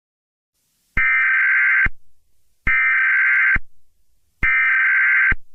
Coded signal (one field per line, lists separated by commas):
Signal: Emergency Alert System (SAME) tones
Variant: header bursts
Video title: Heartland Cataclysm (Eas Scenario)